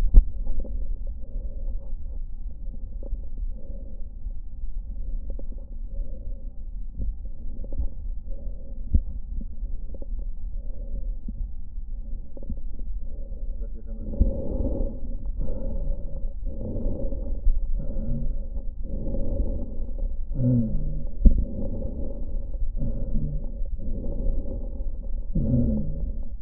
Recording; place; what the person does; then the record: lung sounds by stethoscope; left posterior basal chest; quiet breathing, then deep breathing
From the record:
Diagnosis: interstitial lung disease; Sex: female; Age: 72 years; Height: 153 cm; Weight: 71 kg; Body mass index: 30.3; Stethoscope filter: diaphragm mode